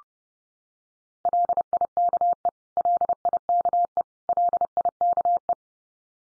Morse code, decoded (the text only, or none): LIKE LIKE LIKE